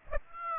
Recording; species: mosquito wingbeat signal from an infrared sensor; Aedes aegypti